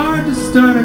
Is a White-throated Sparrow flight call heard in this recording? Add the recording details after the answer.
no. No flight call is heard. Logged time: 01:55 on 4 September 2014